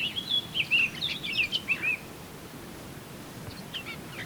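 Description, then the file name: Eurasian blackcap song: a two-second burst of bright, fluting whistled notes, then near quiet with a few faint chirps. "Sylvia atricapilla"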